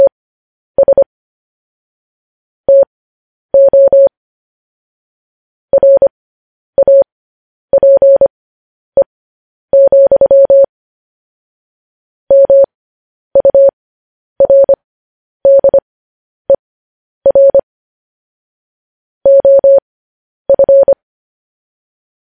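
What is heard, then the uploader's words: Morse code beeps in a single steady tone of about 600 hertz, clean, with sharp on-off keying. Short dots and longer dashes come in clustered groups separated by brief pauses across the whole clip, over complete silence between signals. Morse code.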